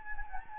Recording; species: mosquito wingbeat signal from an infrared sensor; Anopheles gambiae